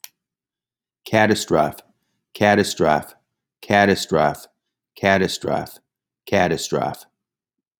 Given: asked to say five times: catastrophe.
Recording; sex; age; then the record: repeated word; male; 60 to 69 years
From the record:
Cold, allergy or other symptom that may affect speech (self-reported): no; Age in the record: 65 years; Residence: Massachusetts, United States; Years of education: 13